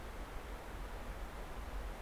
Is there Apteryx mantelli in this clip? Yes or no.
no